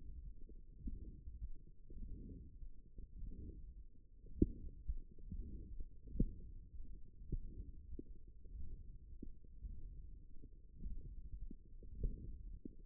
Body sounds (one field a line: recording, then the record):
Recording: forearm muscle sounds (acoustic myography)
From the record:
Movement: hook grip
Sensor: system 1, eight BSWA MPA416 microphones around the upper forearm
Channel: 4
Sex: female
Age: 22 years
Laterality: right